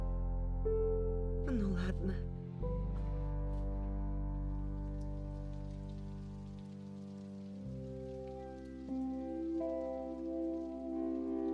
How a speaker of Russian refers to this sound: Поздно, вечер. На улице идет дождь.